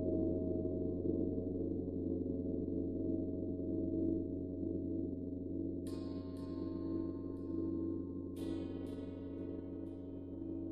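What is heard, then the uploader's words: Celestial gongs hum with a steady, deep drone that sustains throughout, layered with low tones and a faint shimmer. Just before six seconds a fresh strike adds a bright ringing wash, and another lands around eight and a half seconds, each slowly fading. Meditation Five Celestial Gongs.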